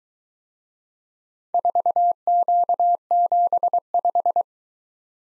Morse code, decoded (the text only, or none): 4Q75